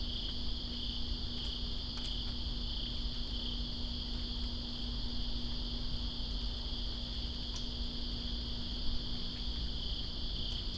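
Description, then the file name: Crickets produce a constant high-pitched trill, paired with a steady low hum and rain noise, plus a few isolated clicks. Crickets recorded with rain in Greensboro on September 2, 2017. "Greensboro Crickets And Rain September 02 2017"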